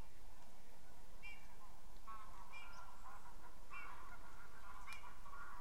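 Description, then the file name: Eurasian bullfinch calls: soft, short piping notes repeated at irregular intervals over a steady low rumble of background noise. "Pyrrhula pyrrhula"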